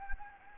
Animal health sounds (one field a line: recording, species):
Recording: mosquito wingbeat signal from an infrared sensor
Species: Anopheles gambiae